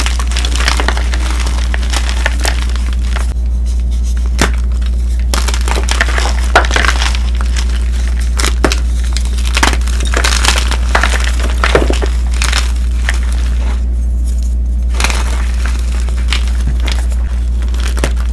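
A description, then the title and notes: Chalk being crushed, a dense run of crisp crunches and gritty crackles that never lets up, with sharper snaps every second or so. A steady low hum sits underneath the whole time. Chalk it up. Audio only compilation of amazing crushes.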